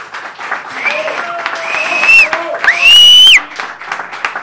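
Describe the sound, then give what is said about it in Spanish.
Sustained audience applause at a concert by a band, an acoustic band formed by members of Asociación Cultural Creando Arte: a dense wash of clapping with loud, rising whistles and whoops cutting through it several times before the clapping tapers off. “que vamos a pedir un fuerte aplauso, ¿no?”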